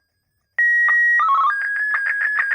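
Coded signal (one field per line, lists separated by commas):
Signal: SSTV (slow-scan television)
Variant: Martin 1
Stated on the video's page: SSTV audio tones generated from text and images with Python pysstv, played through a speaker in an air-gap exfiltration demonstration.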